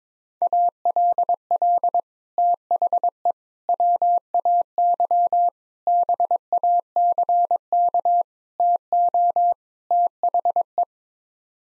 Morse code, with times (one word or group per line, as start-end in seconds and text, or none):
0.4-2.0 ALL
2.4-3.3 THE
3.7-5.5 WAY
5.9-8.2 BACK
8.6-9.5 TO
9.9-10.8 THE